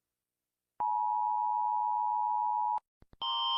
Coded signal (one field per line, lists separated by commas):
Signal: Emergency Alert System (SAME) tones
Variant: 853 and 960 Hz attention tone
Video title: Rating EAS alarms I guess